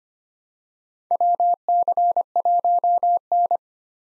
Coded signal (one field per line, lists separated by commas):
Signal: Morse code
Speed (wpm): 25 wpm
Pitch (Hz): 700 Hz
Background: none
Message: WC1N